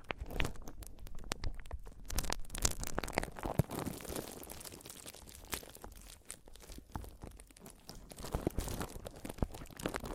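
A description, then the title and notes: Mic tapping and scratching fill the whole stretch: a dense, irregular run of sharp taps and rough, crunchy scrapes with no pauses. Some hits land harder, around 2, 4 and 6 seconds. The level stays fairly even throughout, without any settled rhythm. ASMR Mic Tapping and Scratching (No Talking).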